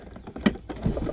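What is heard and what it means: A plastic wiring harness connector is pushed onto a new front door latch of a Volvo V70, S60 or XC70 (P2) car until it clicks. Soft handling taps surround one sharp, bright click at 0.5 s. The connector is confirmed seated in the latch.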